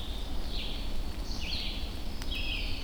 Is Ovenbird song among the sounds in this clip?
no